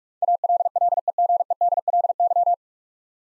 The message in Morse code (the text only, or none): ALLEGEDLY